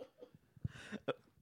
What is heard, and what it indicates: Just the tortured words of a hiccuping man.